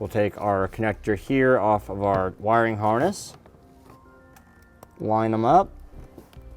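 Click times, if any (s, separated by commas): none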